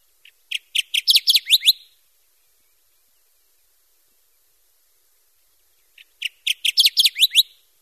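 Kirtland's Warbler giving two similar loud songs about six seconds apart, each a rapid run of rich chips, with silence between.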